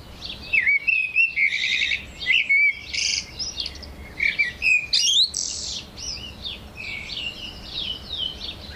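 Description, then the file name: Eurasian blackbird song with busy phrases of whistled and chirpy notes, loud at first and then fading into softer twitters. "Turdus merula"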